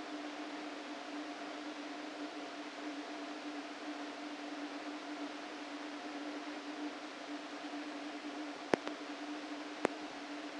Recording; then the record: brain microelectrode recording played as sound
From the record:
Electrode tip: outside the subthalamic nucleus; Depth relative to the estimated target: 3 mm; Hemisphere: right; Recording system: NeuroSet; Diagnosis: Parkinson's disease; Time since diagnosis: 13 years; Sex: male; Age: 49 years